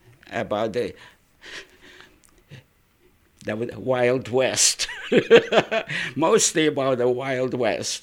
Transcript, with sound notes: about the Wild West. ( he laughs ) Mostly about the Wild West.